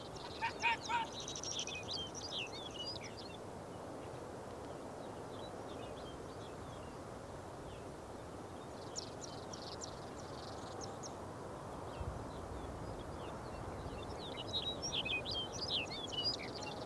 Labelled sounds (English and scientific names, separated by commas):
Arctic Fox (Vulpes lagopus)